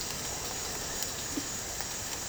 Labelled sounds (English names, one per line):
none